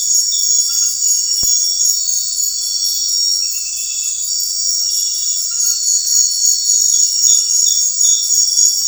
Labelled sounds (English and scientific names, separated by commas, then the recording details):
none
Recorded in secondary vegetation near Puerto Asís, Putumayo, Colombia, on 4 March 2025 at 21:30
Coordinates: 0.499, -76.323
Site G094